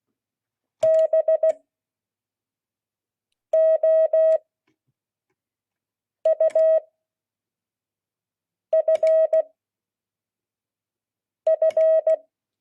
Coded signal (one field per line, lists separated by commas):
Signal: Morse code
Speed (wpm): 16 wpm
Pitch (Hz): 640 Hz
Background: none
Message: BOUFF